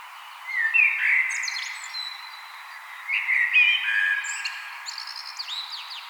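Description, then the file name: Common blackbird singing two mellow, slurred fluting phrases, each trailing into thin, high squeaky notes. "Turdus merula"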